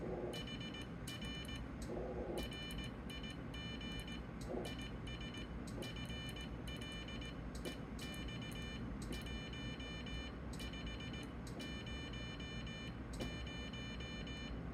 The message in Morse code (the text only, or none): HR RIG IS FLEX1500